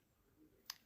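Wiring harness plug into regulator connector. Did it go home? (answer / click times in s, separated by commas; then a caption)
yes / 0.7 s. While installing a regulator cover on an MT-01 motorcycle, a plastic plug of the extended wiring harness is pushed into the regulator connector. A single sharp click is heard at 0.7 s over faint low background noise. The connector is clipped fully in and seated, as the plugs must be properly clipped.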